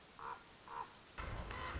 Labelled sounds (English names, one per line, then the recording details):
Common Raven
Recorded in Sonoma County, California